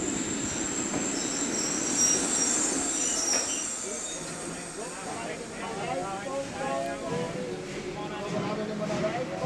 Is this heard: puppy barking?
no